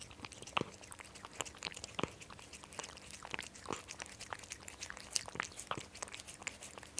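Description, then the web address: Cat lapping milk, soft wet clicks coming in quick irregular bursts. Drinking milk. "BBC Sound Effects Library Cats Cat Drinking Milk"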